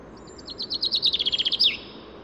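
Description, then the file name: Common chaffinch song, a short phrase of about a dozen evenly spaced notes stepping downward, capped by a sharp final flourish. "Fringilla coelebs"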